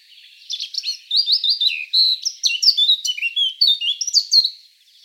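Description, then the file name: Eurasian blackcap song: a rapid, varied warble of chirps and short whistles, rising and falling, running for about four seconds before stopping. "Sylvia atricapilla"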